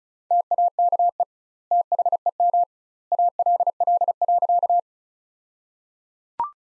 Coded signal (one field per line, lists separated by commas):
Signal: Morse code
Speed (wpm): 34 wpm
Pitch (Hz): 700 Hz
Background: none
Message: TAKE THEM ALL.